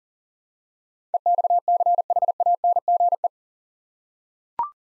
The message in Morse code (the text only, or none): EXCHANGE